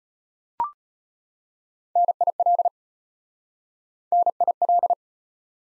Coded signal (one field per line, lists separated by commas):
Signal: Morse code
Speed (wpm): 32 wpm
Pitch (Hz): 700 Hz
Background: none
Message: NIL NIL